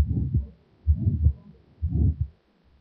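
Adult heart heard by stethoscope at the second auscultation point, with combined aortic valve disease (aortic stenosis and regurgitation): a harsh systolic murmur passes into a soft diastolic murmur, and the second sound over the aorta is sharply weakened.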